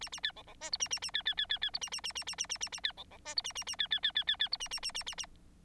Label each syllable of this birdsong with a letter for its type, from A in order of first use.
A A B C C D E A A A B B B B B E A A A A A A A A A B C C D E A A A B B B B B B E A A A A A A